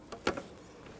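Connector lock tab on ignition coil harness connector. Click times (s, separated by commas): 0.3 s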